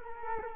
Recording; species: mosquito wingbeat signal from an infrared sensor; Culex quinquefasciatus